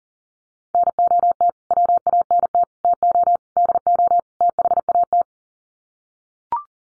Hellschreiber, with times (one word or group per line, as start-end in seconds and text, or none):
none